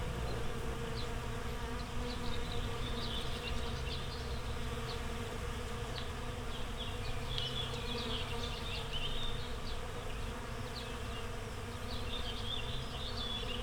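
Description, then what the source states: Bees buzzing in a dense, steady low drone throughout, with chirps and whistles of birds scattered above. Bees in a flowering rapeseed field, Słoneczna 9, Siemianowice Śląskie, Poland, Saturday 18 May 2019; Zoom H5 with Audio-Technica BP4025.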